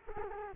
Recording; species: mosquito wingbeat signal from an infrared sensor; Culex quinquefasciatus